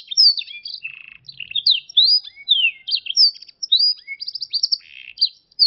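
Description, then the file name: Canary song, a fast jumble of high chirps, sweeping whistles and short buzzy trills, delivered in quick bursts with brief pauses. A combination of Yorkshire and Russian canary songs. "Kombinasi Suara Kenari Yorkshire dan Rusia"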